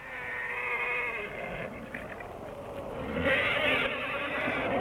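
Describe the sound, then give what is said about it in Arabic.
A flying horse whinnies twice in long, wavering, high-pitched bursts as it lands with its riders at the sultan's palace, the second rising louder after a short dip, over a steady rumbling background with no talking. “وهنا ذهل الحارس ودهش الأمراء بينما انطلق الحصان في الفضاء حتى وصل إلى جزيرة المرجان ومال إلى قصر السلطان، وعندئذ هبط الحصان بمن عليه والملك ينظر إليه وهو لا يصدق عينيه.”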